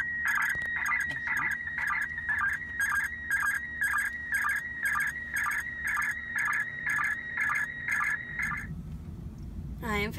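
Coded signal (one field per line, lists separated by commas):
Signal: SSTV (slow-scan television)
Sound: warbling tones in a steady twice-a-second rhythm over a constant whistle, then hiss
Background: radio static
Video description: The video starts with a few seconds of them receiving one of the images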